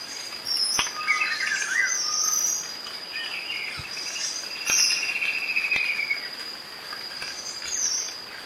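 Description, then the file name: Black-capped becard song: short whistled phrases, one a long steady whistle near five and a half seconds, over a constant high insect drone with scattered sharp clicks and faint high chirps. "Canto do caneleirinho de chapeu preto"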